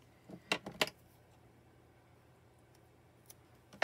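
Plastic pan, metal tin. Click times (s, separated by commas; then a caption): 0.5 s, 0.8 s. Plastic Arteza metallic watercolor half pans are popped out of a metal palette tin one at a time so they can be swatched. Sharp plastic clicks sound at 0.5 s and 0.8 s as the pans release, followed by quiet with a faint tick at 3.3 s and another sharp sound right at the end.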